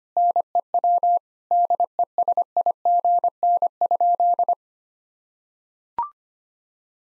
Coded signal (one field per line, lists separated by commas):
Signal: Morse code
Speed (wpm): 25 wpm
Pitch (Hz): 700 Hz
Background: none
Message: NEW DESIGN?